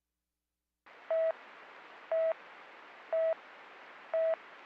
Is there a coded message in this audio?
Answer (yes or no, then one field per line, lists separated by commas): no